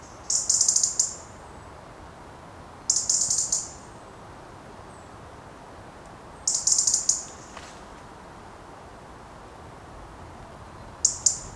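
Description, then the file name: European robin repeating very high, thin trilled bursts at irregular intervals, four in all, over faint steady hiss. "Erithacus rubecula"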